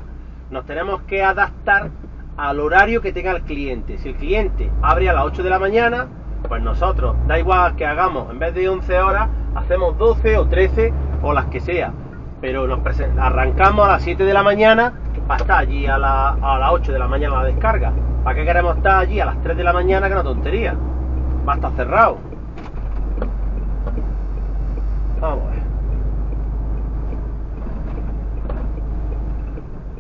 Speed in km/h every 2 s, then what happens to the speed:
0, 0, 0, 7, 10, 17, 20, 22, 22, 22, 23, 25, 27, 27, 25.
0-5 standing. 5-13 pulls away to 22. 13-30 steady at about 23.